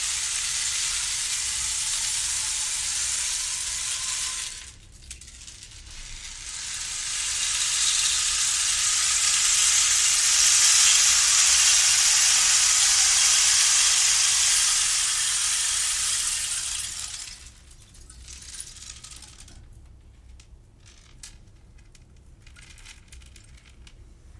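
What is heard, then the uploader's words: A rain stick pours out a dense, bright rattling hiss for the first few seconds, pauses briefly, then swells again into a long, full cascade that peaks midway and fades around seventeen seconds. Sparse little clicks and trickles trail off at the end. Tibetan singing bowls and rain sticks.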